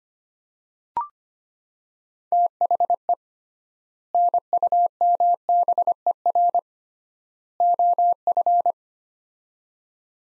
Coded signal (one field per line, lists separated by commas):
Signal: Morse code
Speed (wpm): 25 wpm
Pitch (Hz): 700 Hz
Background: none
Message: THE NUMBER OF